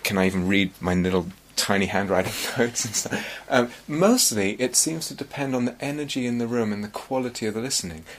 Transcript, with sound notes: can I even read my little, tiny handwriting? [laughs] Mostly it seems to depend on the energy in the room and the quality of the listening.